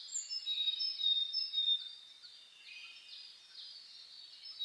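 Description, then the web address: Birds in a dawn chorus, sharp whistles and chirps loudest over the first two seconds, then quieter twittering. Dawn chorus (reimei) of birdsong (saezuri) on 10 May 2010. "reimei -saezuri-20100510"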